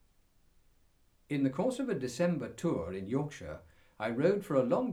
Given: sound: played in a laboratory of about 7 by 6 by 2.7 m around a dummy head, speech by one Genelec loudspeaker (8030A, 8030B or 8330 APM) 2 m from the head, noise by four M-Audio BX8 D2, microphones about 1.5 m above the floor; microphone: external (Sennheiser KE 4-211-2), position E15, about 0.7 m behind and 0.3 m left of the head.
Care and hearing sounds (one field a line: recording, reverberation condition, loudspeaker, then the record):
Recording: male speech in English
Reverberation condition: low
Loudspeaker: 120 degrees to the left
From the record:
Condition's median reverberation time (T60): about 310 ms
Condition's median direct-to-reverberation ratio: about 3.5 dB